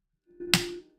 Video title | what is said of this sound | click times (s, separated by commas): LEGO Unbox & Build: R2-D2 | okay well that didn't click in really well | 0.5 s